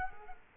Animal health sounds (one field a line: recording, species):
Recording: mosquito wingbeat signal from an infrared sensor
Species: Culex quinquefasciatus